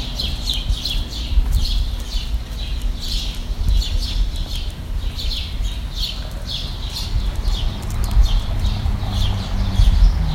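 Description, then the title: Bird chirping, a steady stream of sharp high notes, over a heavy low rumble. "Birds Chirping Meditation"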